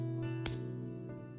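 A fused plastic bead piece for the white side is snapped into the bottom half of a 3D Pokeball bead frame, with one sharp, bright click at 0.5 s over soft, steady background music. The piece seats firmly in place.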